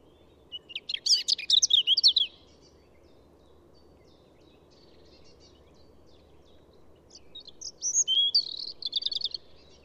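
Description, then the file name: European robin singing two high, tinkling phrases of quick varied notes and trills, separated by a pause of about five seconds, over a faint low hum. "Pettirosso"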